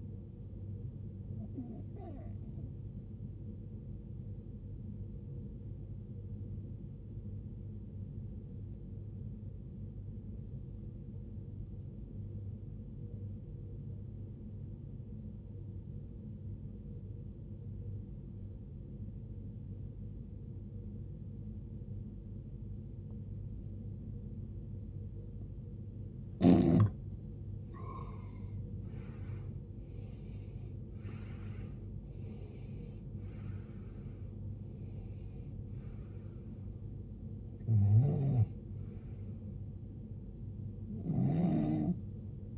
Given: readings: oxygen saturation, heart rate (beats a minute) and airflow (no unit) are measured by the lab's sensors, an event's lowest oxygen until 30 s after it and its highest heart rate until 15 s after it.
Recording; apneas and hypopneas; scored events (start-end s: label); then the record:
breathing in sleep by a smartphone at the bedside; 1
12.00-30.80 s: obstructive apnea (N1, oxygen 93% highest, then 82% lowest, heart rate 69 at the start, 78 highest)
From the record:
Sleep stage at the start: N1 (lightest sleep); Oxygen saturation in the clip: 82 to 93%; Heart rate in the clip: 59 to 78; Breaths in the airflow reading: 6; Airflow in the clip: -18.6 to 17.9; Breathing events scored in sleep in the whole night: 389 in 6.3 hours asleep